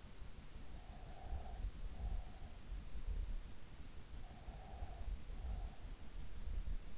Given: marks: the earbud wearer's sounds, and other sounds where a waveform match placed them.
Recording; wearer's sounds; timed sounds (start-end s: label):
sounds in sleep by an in-ear microphone; breath
0.57-2.38 s: breath
4.37-6.21 s: breath